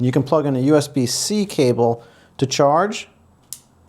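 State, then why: Seated. Someone talks, then the solid hinged door over the USB-C charging port of an Olight ArkPro Ultra flashlight, possibly aluminum, is closed. It shuts with a single sharp click at 3.5 s, and the door is seated closed.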